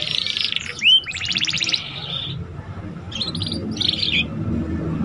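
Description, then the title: Belgian canary song: two short bursts of fast, rattling trills with a bright whistled note, separated by a brief gap. Belgian canary song played to warm up young canaries and prompt them to sing quickly and chatter. "Canto Para Esquentar Canário Belga. SUARA KENARI PAUD CUIT CUIT BELAJAR BUNYI - pancingan kenari paud muda agar cepat bunyi dan ngeriwik"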